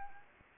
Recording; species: mosquito wingbeat signal from an infrared sensor; Anopheles arabiensis